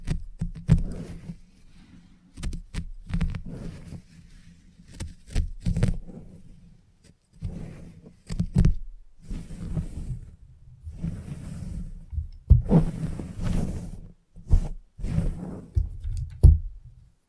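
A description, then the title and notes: Salon haircut with head massage: soft low rubbing and brushing in uneven bursts, with sharp clicks and snips scattered throughout the clip. Salon Haircut Head Massage, Scissors and Clipper.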